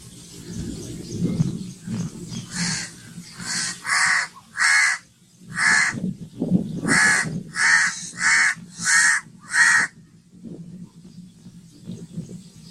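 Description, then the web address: Myna calling in a long run of rasping, harsh notes, one or two per second, over steady low background rumble. "animal-sound myna-sound"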